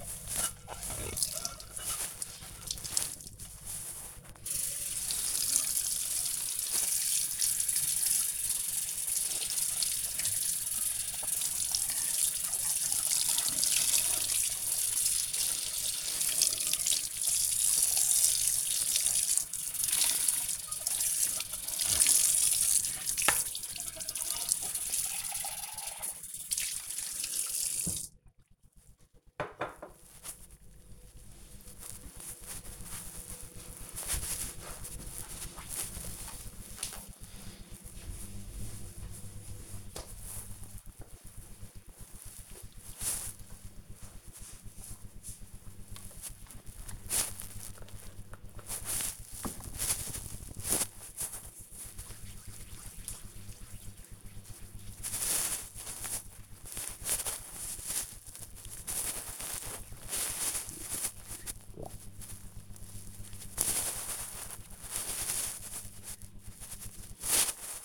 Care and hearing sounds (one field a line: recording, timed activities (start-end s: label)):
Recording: household activities, microphone on the right wrist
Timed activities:
0.00-28.50 s: washing dishes
45.61-67.85 s: cream hands